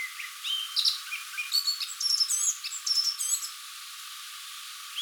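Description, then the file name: Eurasian blackcap song, a run of quick varied chirps and short whistled notes lasting about three seconds over a steady hiss. "Sylvia atricapilla"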